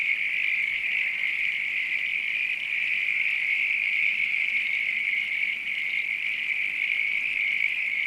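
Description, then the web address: Frogs calling together in a continuous shrill trilling chorus, level and unchanging across the whole passage. Night countryside ambience with frogs. "Sound Effects-Foundation AMBIENCE NIGHT COUNTRY FROGS RAIN FARM ANIMALS LOOP"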